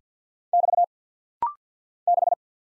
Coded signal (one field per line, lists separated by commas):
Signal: Morse code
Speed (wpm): 48 wpm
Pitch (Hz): 700 Hz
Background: none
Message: <BT> 6